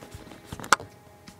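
A Volkswagen Beetle Dune convertible's wind deflector is pushed into its front click-in mounting in the rear cabin. Faint handling noise leads to one sharp click at 0.7 s, and a soft tap follows near 1.3 s. The deflector is seated and secured.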